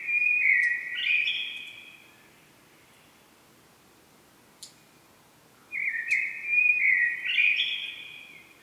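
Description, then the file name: Common blackbird singing two sweet, fluted phrases with twittery endings, separated by a quiet gap broken by a faint click. "Turdus merula"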